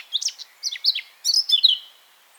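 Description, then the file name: Eurasian blackcap song: short bursts of scratchy warbling followed by bright, fluty whistled notes that slide downward. "Sylvia atricapilla"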